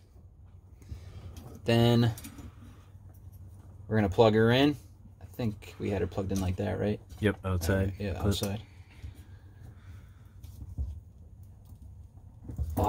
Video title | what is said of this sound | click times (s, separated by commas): Nissan 300zx Fuel Pump Diagnosis & Walboro 255 Install | Yeah, I don't think it clicked, but she's locked in though. | none